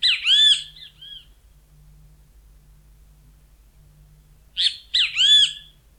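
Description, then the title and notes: Great kiskadee calls: two loud, harsh three-part phrases with a rising-falling ringing note, separated by a few seconds of quiet and faint low hum. Bahía Blanca, Argentina; lives in busy plazas and parks, tame and unafraid of people; its song is rendered "bicho fuii", giving local names benteveo, bicho feo, pitogüé, bienteví. "Museo de Ciencias de Bahía Blanca. Benteveo (Pitangus sulphuratus). Habita en las plazas y parques más concurridos. Su canto particular "bicho fuii", le otorga otros nombres comunes como "bicho feo", "pitogüé", "bienteví""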